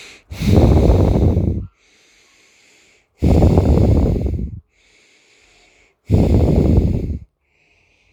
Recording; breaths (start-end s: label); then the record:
nose breathing near a microphone
0.11-1.53 s: exhalation
1.53-2.95 s: inhalation
2.95-4.41 s: exhalation
4.41-5.85 s: inhalation
5.85-7.29 s: exhalation
7.29-8.13 s: inhalation
From the record:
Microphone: phone